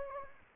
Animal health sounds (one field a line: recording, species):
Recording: mosquito wingbeat signal from an infrared sensor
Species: Anopheles gambiae